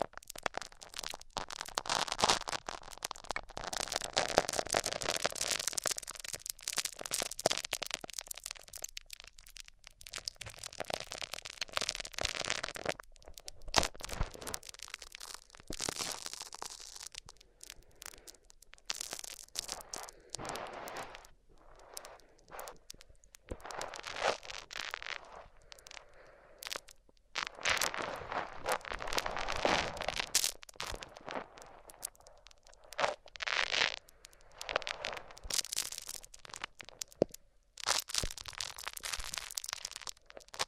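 Microphones are rubbed against different surfaces, making a dense, scratchy run of crunching and tearing noises across the whole 41 seconds. Bursts swell and fade unevenly, bright and hissy, broken by short gaps near 14, 27 and 38 seconds, with sharp crackling clicks throughout.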